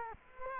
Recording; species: mosquito wingbeat signal from an infrared sensor; Culex quinquefasciatus